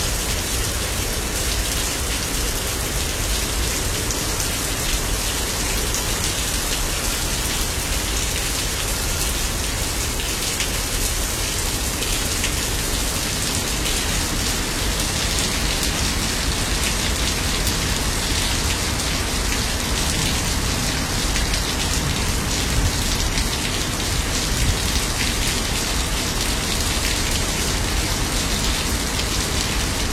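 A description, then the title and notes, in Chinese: Heavy rain falls on a city balcony, a dense, steady hiss that stays level for the whole half minute. Close drops patter and splash on hard surfaces, with a constant low rumble of the city underneath and no distinct breaks or single loud events. 雨声，城市，阳台，响雷，车响。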